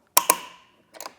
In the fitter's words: you hear that click.